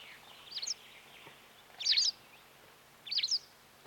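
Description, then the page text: White wagtail song: three quick clusters of sharp, high twittering notes spaced roughly 1.3 seconds apart over a faint background hiss. "Дарвиновский музей - Белая трясогузка"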